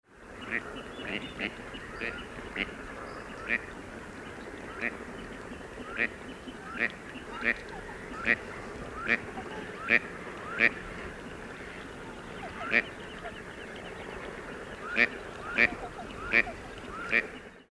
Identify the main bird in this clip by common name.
Gadwall